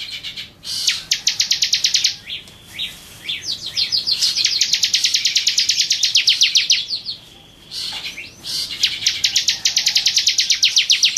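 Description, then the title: Bar-winged prinia song: three runs of rapid, piercing chip notes of varying length, separated by short gaps with a few loose chirps. "Suara Burung Ciblek"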